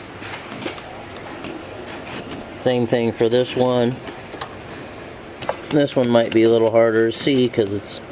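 A plastic wiring harness connector is handled at its component in a dark spot of the engine bay of a 2007 Avalanche with a 5.3 LS, during a DOD/AFM lifter fix. Someone talks while brief handling sounds come through. Nothing has seated or clicked yet.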